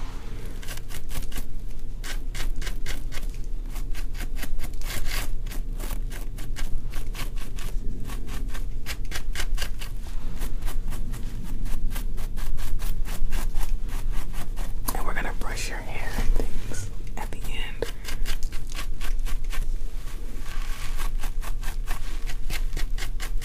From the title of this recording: ASMR Dandruff Removal & Scalp Check (Scalp Plucking, Oiling, Treatment, Massage